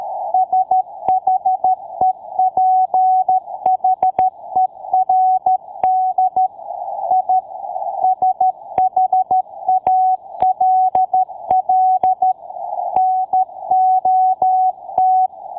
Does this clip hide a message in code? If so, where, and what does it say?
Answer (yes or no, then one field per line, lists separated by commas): yes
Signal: Morse code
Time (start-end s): 0.3-15.3 s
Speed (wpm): 13 wpm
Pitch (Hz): 750 Hz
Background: none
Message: SHEPHERD I SHALL NOT